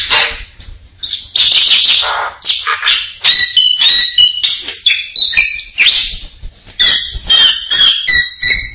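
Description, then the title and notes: Bali myna song mixing harsh rasping bursts with clear, level and slurred whistles in a varied phrase. "Jalak Bali. Kicau Burung Jalak"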